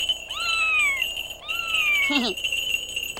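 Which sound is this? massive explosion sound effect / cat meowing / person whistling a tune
cat meowing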